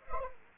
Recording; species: mosquito wingbeat signal from an infrared sensor; Anopheles arabiensis